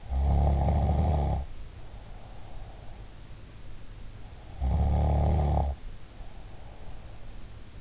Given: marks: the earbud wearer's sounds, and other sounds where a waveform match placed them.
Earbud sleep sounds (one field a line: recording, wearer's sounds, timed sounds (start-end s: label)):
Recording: sounds in sleep by an in-ear microphone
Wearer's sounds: snoring breath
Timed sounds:
0.00-3.60 s: snoring breath
4.40-7.68 s: snoring breath